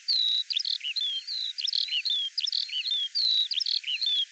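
Bird song, a repeating pattern of a thin drawn-out whistle followed by short chirps and a buzzy note, cycling about every second.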